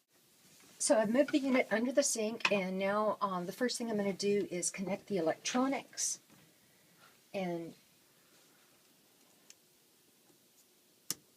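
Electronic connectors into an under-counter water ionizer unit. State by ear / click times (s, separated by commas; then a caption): seated / 9.5 s, 11.1 s. Someone talks while connecting plastic electronic connectors to a Tyent 9000T under-counter water ionizer unit placed under the sink. After the talking stops, two sharp ticks ring out at 9.5 s and 11.1 s as the connectors snap in and seat.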